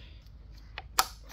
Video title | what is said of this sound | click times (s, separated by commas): Escape MANUAL Tapping: Discover the Electric Tapping Machine! | put the new one in it's got little tangs here line up the tangs snaps | 1.0 s